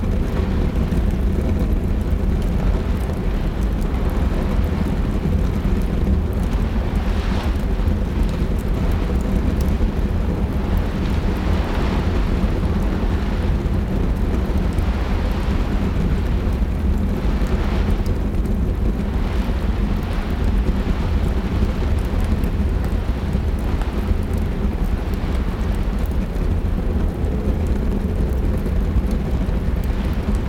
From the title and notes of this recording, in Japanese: 嵐の中の居心地の良い屋根裏部屋。外では、雨が窓を激しく打ち、その不断のリズムが屋根裏部屋の心地よい交響曲に加わります。